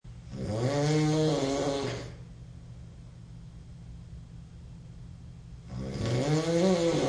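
Two loud, drawn-out snores about five seconds apart, each a buzzing, tonal inhalation with a pitch that swoops up and down, separated by quiet breathing. Obnoxious nasal snoring by an adult male.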